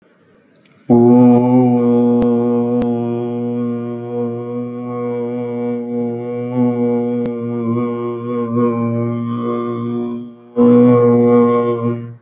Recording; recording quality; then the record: sustained vowel as in boot; excellent, no background noise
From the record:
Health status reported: recovered from COVID-19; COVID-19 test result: positive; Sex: male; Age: 22 years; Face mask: not worn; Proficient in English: yes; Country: India